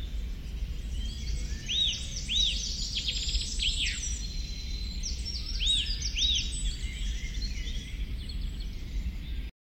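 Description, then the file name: Eurasian nuthatch giving short, arched, whistled notes in small loose series, over a steady low rumble. "Sitta europaea"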